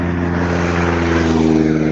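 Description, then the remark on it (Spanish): Road traffic on a highway, with a steady, loud engine rumble and a continuous low droning hum of motor vehicles passing one after another without a break, making the road impossible to cross. No voices. “Y es un vehículo atrás del otro.”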